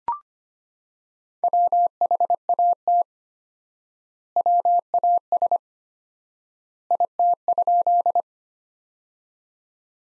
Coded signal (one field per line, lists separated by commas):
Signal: Morse code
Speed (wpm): 25 wpm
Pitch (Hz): 700 Hz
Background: none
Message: WHAT WAS IT?